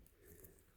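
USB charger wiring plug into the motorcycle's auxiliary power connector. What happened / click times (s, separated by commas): The wiring plug clicked onto its connector / 0.1 s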